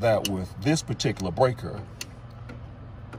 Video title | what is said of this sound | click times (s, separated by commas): How To Replace A 15 AMP Circuit Breaker | this particular breaker it no longer clicks and it no longer locks | none